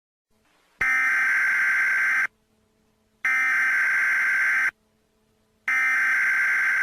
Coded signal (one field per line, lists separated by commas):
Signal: Emergency Alert System (SAME) tones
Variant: header bursts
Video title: Hospital Fire Outbreak (EAS Scenario)